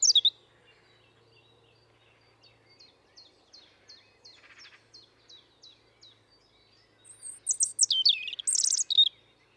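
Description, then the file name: European robin phrase: a high sliding note, then a long run of short descending ticking notes, ending in a loud burst of high, rapid, jumbled twittering. "Erithacus rubecula"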